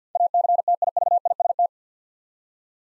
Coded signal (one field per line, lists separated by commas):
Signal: Morse code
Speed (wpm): 52 wpm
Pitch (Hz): 700 Hz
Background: none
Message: ACTIVIST